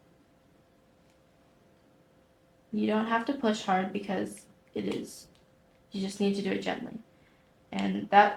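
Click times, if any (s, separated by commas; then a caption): none. The top part of a plastic replacement lens is placed into the groove of an Oakley Valve (old version, 2005 and before) sunglasses frame before the corner is pushed home. After nearly 3 seconds of near silence, someone talks in short bursts over quiet handling. Nothing has seated or clicked yet.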